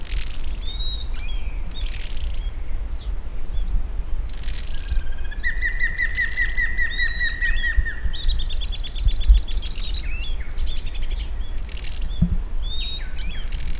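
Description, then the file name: Bird calls: busy, overlapping chirps and squawky notes, a mid-pitched trill and some rapid high rattles, over a constant low rumble. "SABIOD 50 bird 2015"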